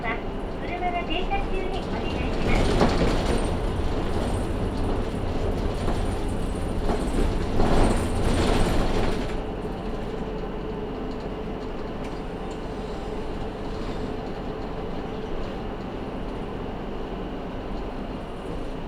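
Riding a two-car Matsuura Railway train, with a loud, rough rumble of wheels and motor filling the first nine seconds and swelling in bursts around three and eight seconds. After that it settles into a quieter, steady drone with a faint held tone.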